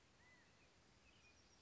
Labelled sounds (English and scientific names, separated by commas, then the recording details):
California Quail (Callipepla californica)
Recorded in Sonoma County, California